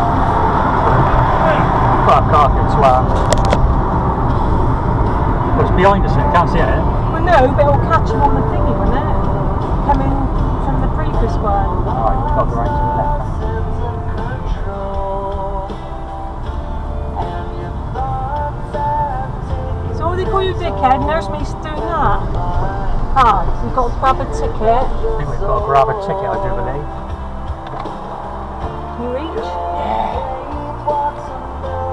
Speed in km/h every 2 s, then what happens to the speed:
37, 34, 34, 32, 29, 27, 18, 10, 8, 10, 10, 6, 6, 5, 2, 0.
0-15 slows to 8. 15-20 steady at about 10. 20-27 slows to 2. 27-32 standing.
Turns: 13-22.